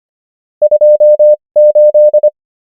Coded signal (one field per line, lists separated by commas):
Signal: Morse code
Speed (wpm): 25 wpm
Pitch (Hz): 600 Hz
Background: none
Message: 2 8